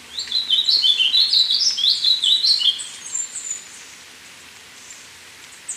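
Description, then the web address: Brown-capped vireo giving a quick, rambling warble of high slurred notes lasting about three seconds, then quiet background. Ecuador. "Birds of Ecuador. Brown-capped Vireo"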